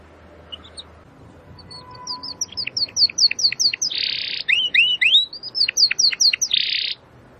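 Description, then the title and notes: Domestic canary song: rapid series of upslurred and downslurred whistled notes with two bursts of harsh buzzy rattle, varied phrases. Belgian canary singing; labelled 'Campainha'. "Canário Belga Campainha Canary Singing. Canario Belga Cantando"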